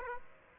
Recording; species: mosquito wingbeat signal from an infrared sensor; Aedes aegypti